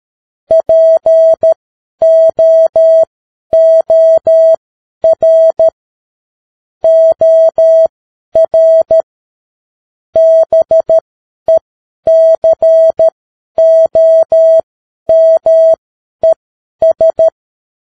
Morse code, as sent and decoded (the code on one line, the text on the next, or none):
.--. --- --- .-. / --- .-. / -... . -.-. --- -- . ...
POOR OR BECOMES